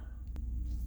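A microSD card is placed on a Galaxy A51 phone's plastic SIM/SD tray and pressed down into its slot. A brief, faint snap is heard at 0.4 s over a low steady hum. The card seats flush in the tray.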